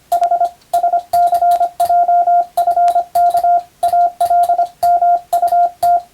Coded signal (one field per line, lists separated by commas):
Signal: Morse code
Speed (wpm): 25 wpm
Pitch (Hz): 700 Hz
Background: radio noise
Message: H SCJFK ALMUT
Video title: 2022年令和4年最後の日にモールスを聞いて短波通信ＢＣＬが全盛だった時代を思い出そう！スマホ時代の今でも行われているモールス電気通信術の国家試験の練習風景です。morse code parctice